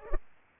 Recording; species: mosquito wingbeat signal from an infrared sensor; Culex pipiens